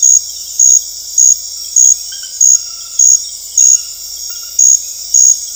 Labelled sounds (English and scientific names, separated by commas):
none